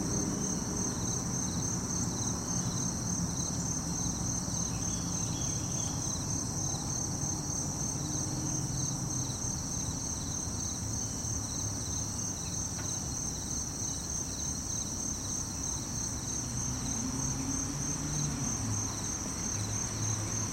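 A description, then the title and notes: Crickets and cicadas sing in a dense, unbroken high-pitched trill that holds steady for the whole stretch. Beneath it runs a constant low rumble of passing traffic, swelling and easing slightly, with a brief faint click near the middle. Late Summer in the city park.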